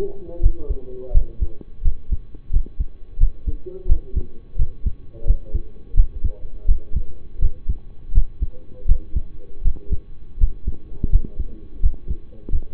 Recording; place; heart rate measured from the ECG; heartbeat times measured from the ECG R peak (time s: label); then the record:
heart sounds by stethoscope; between the tricuspid and mitral areas; 84 bpm
0.40 s: heartbeat
1.11 s: heartbeat
1.82 s: heartbeat
2.50 s: heartbeat
3.17 s: heartbeat
3.86 s: heartbeat
4.56 s: heartbeat
5.24 s: heartbeat
5.94 s: heartbeat
6.66 s: heartbeat
7.39 s: heartbeat
8.12 s: heartbeat
8.86 s: heartbeat
9.62 s: heartbeat
10.38 s: heartbeat
11.10 s: heartbeat
11.80 s: heartbeat
12.50 s: heartbeat
From the record:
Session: rest, lying down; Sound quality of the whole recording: partially saturated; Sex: male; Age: 25 years